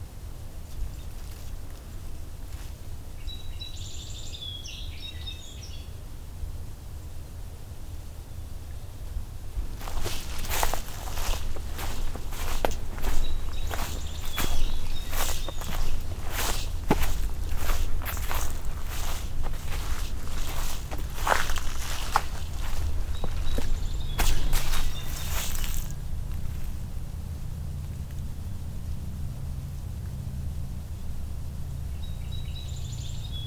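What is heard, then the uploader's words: Footsteps crunch through the Beverly Swamp, a dense run of sharp steps from about ten to twenty-six seconds over a steady low rumble. Brief high bird chirps appear near the start, around twenty-four seconds, and again at the end. A walk through the Beverly Swamp, listening for spring arrivals, and emerged frog species.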